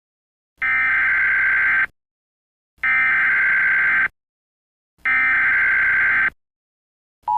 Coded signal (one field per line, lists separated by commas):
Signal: Emergency Alert System (SAME) tones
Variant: header bursts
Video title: Eas mock: boil water CEM